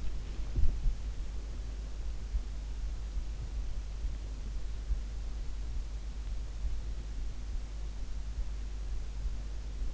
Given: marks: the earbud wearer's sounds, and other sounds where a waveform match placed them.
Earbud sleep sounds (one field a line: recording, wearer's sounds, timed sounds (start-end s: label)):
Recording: sounds in sleep by an in-ear microphone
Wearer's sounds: body movement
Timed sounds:
0.00-0.90 s: body movement